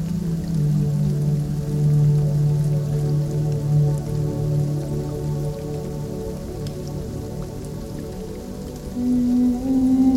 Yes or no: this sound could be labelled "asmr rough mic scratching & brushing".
no